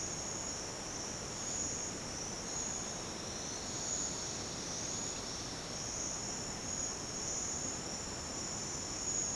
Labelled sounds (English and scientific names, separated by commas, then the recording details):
Silvered Antbird (Sclateria naevia)
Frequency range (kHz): Silvered Antbird (Sclateria naevia) 3.0-5.4 kHz
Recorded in dense forest near Puerto Asís, Putumayo, Colombia, on 22 June 2025 at 07:30
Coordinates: 0.484, -76.317
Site G045